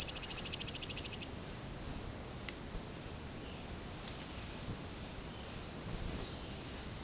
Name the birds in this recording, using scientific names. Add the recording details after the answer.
Sclateria naevia. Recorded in dense forest near Puerto Asís, Putumayo, Colombia, on 19 February 2024 at 08:30. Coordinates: 0.472, -76.329. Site G6394